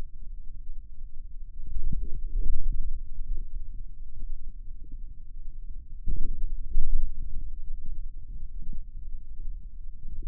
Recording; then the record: forearm muscle sounds (acoustic myography)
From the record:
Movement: wrist extension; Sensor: system 2, bracelet of six BSWA MPA416 microphones around the upper forearm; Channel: 4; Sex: male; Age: 22 years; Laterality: right